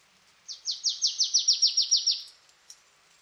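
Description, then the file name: Marsh tit, a quick dry series of about ten high downslurred notes, steady in pitch and evenly spaced, lasting under two seconds, with one faint note afterwards. "Poecile palustris"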